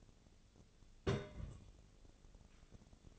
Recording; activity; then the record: daily activity, microphone in the room; place on stove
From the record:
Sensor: 4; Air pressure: 1000.8 hPa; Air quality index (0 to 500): 125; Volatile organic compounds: 1 ppm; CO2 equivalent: 942 ppm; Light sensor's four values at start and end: 41/100/42/47 and 41/99/42/46